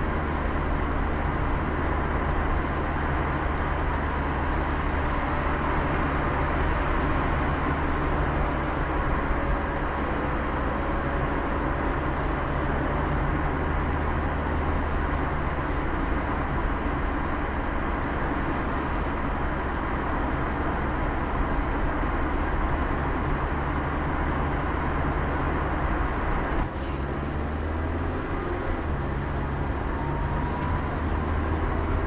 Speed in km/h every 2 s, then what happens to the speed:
77, 77, 76, 75, 74, 73, 72, 72, 68, 68, 68, 68, 66, 66, 65, 66.
0-32 slows to 66.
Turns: none.